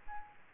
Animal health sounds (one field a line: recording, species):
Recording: mosquito wingbeat signal from an infrared sensor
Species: Aedes albopictus